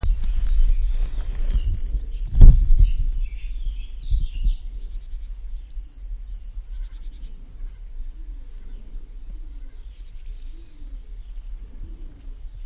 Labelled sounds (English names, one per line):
Eurasian Blue Tit song